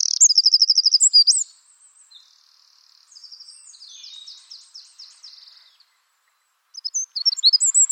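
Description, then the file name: Eurasian wren song: a loud, very high rapid trill, then a quieter jumble of buzzy and twittering notes, ending with another burst of sharp high notes. "Troglodytes troglodytes"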